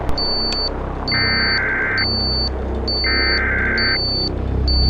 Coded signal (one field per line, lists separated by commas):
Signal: Emergency Alert System (SAME) tones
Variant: header bursts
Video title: SO...MANY...TORNADO WARNINGS... 🌪 || EAS Alerts from June 5, 2024 (EAS #2,770-2,777)